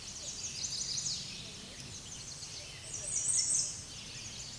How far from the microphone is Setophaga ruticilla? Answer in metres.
about 20 m